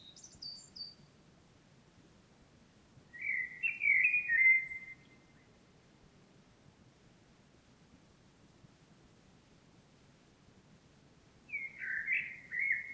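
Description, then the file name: Common blackbird song: a thin high fragment at the start, then two short warbled phrases of mellow notes separated by several seconds of quiet. "Turdus merula"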